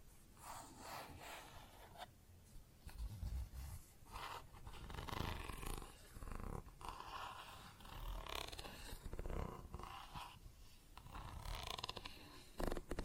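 Plastic objects are scratched and rubbed, with a rasping, scraping texture that runs almost continuously for the whole thirteen seconds. Sharper taps and brighter scrapes break through irregularly, notably around two, six, eight and near the end, over low thumps and handling noise.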